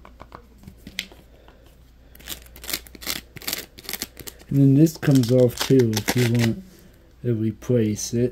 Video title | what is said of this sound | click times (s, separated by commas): ASMR Fast Scrub Daddy Random Triggers in 30 Minutes | it so like that, and then it just snaps right in. | 1.0 s